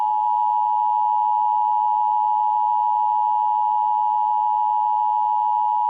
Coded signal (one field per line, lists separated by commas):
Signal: Emergency Alert System (SAME) tones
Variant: 853 and 960 Hz attention tone